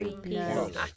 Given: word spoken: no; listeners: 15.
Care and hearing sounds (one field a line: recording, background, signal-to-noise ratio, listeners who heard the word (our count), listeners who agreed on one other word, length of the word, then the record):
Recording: one English word in noise, from a listening test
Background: four-talker babble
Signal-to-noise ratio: -2.0 dB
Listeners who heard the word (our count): 2 of 15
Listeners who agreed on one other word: 6 of 15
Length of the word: 0.56 s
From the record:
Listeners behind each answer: 6, 2, 2, 1, 1, 1, 1, 1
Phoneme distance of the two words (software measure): 27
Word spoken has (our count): 1 syllable, 2 phonemes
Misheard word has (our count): 1 syllable, 3 phonemes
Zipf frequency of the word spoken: 6.50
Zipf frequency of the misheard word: 4.74